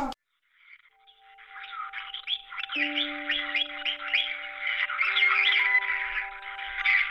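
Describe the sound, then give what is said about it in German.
Parrots squawk and chatter continuously in a bird shop, where the owner teaches them to say hello on the telephone: a dense, harsh jumble of calls that grows louder over several seconds, with a few steady whistled tones held underneath. “Mein Vater in seinem Vogelladen. Er bringt den Papageien bei, am Telefon Hallo zu sagen.”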